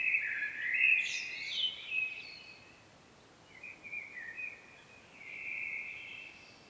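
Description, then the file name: Common blackbird song: a loud warbled phrase with high squeaky notes, a short pause, then softer, lower fluted phrases that fade out. "Turdus merula"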